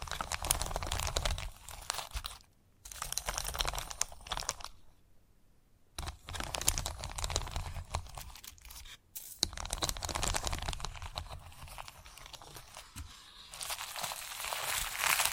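Chalk scratches and scrapes in long, rough strokes, each a dense gritty hiss with a low rumble beneath. The strokes come in bursts of one to three seconds, split by short silences near 2.5, 5, 6 and 9 seconds, with a few sharper ticks along the way.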